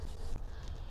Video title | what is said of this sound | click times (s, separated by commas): How to remove the 2nd Row Middle Seat in Acura MDX | just drop it back down and you'll hear it click in. | 0.4 s, 0.7 s